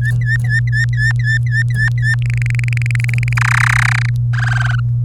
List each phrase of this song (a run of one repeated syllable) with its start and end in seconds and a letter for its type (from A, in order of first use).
0.02-2.15 A, 2.22-3.33 B, 3.37-4.09 C, 4.33-4.80 D